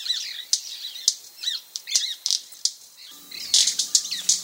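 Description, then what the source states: White-bearded Manakin making many sharp snapping pops, with short riffles and thin high chirps. Firecracker-like popping snaps and riffles, mechanical sounds made with the wing feathers, serving as ornaments like songs.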